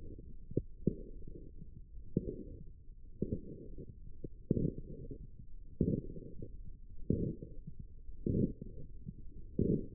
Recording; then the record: forearm muscle sounds (acoustic myography)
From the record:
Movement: forearm supination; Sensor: system 1, eight BSWA MPA416 microphones around the upper forearm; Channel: 7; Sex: male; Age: 23 years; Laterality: right